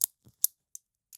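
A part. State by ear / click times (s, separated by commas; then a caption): not seated / none. A male half is handled into the female half of a large metal Cobra-style quick-release buckle on a shooter belt worn over a webbing belt. Short, bright metallic ticks sound at about 0.0, 0.4 and 0.8 s, with a soft low knock near 0.3 s and a faint tick near 1.1 s. Nothing has seated or clicked shut yet.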